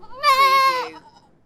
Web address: lynne-publishing Goat - Baby Goat Bleat